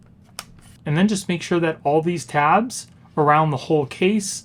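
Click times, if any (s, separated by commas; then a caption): 0.4 s. The second plastic shell piece of a rugged case for a Samsung Galaxy Tab S9 Ultra is pressed over the tablet and the hand-strap piece, giving a single sharp snap at 0.4 s as it clicks into place. Someone then talks.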